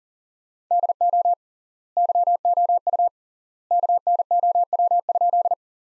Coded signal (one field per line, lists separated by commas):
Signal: Morse code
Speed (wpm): 40 wpm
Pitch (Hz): 700 Hz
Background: none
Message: DO YOU KNOW?